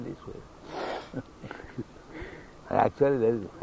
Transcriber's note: chuckles